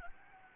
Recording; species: mosquito wingbeat signal from an infrared sensor; Anopheles gambiae